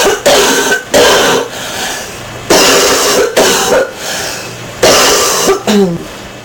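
About six harsh, throaty cough bursts in short irregular runs, imitated comedically by an adult rather than a real cough.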